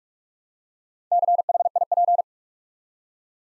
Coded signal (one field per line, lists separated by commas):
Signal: Morse code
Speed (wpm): 44 wpm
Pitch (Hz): 700 Hz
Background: none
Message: CHIP